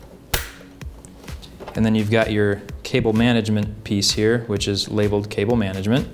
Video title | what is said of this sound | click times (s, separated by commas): LG C8 OLED Stand Assembly And Install | the four tabs are gonna go up and they just fit into those notches there and this will just snap into place and then | 0.3 s